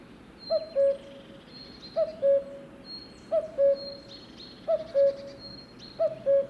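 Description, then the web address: Cuckoo repeating a soft two-note cu-coo five times at a steady pace, with thin high whistles from other birds behind. "2020 04 30-minutes-of-cuckoos"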